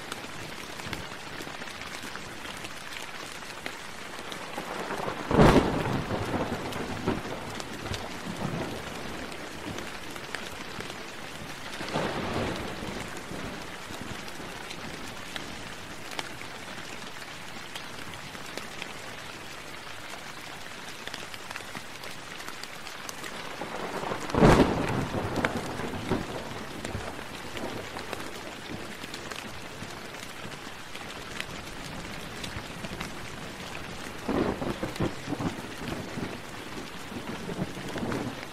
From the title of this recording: Thunder, Rain, and Nature Sounds